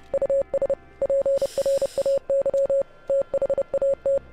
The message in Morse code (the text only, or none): US PRAY THAT